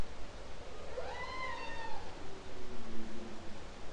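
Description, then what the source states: Humpback whale song unit: one upswept, harmonic-rich cry that levels off, followed by two lower steady moans, over a noisy low hiss. Song, October 2012.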